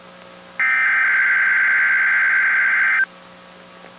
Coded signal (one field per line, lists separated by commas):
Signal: Emergency Alert System (SAME) tones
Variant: header bursts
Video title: 1 Week Prior from the 2022 Tsunami Communications Drill RWTs (EAS #1031-#1039)